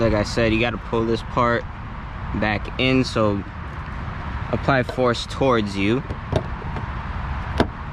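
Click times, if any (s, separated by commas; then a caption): 7.6 s. Someone talks while an LED plug-and-play side marker light housing is pushed back into its fender opening on a 10th-gen Civic Si, with the retaining clip pulled toward the installer. A sharp click at 7.6 s marks the housing seating back into the fender.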